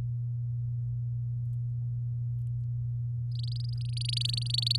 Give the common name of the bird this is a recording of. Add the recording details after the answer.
Domestic Canary. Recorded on 8 May 2018 at 05:40. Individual llb16